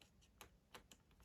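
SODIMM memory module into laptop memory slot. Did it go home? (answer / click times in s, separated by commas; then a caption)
yes / 0.9 s. A second Corsair DDR5 SODIMM memory stick from a 64GB kit is pressed into the top memory slot of an ASUS ROG Strix G16 laptop. Several short, sharp ticks sound at about 0.4, 0.8 and 1.3 seconds, with the click at 0.9 seconds as the stick locks in. The module is seated.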